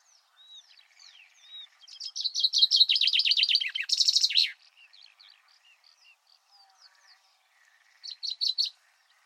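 Common chaffinch song: a fast, descending run of bright notes ending in a flourish, with soft scattered chirps around it and a brief start of another phrase near the end.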